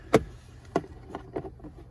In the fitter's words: And just push till it clicks, close it up, you're all set.